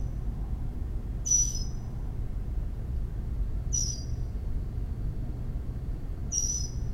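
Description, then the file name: Northern mockingbird gives three sharp, clipped call notes spaced about two and a half seconds apart against a constant low background hum. Bird protesting a commotion, recorded at home in Maryland, 26 May 2012. "Northern Mockingbird Home MD 20120526 protesting commotion"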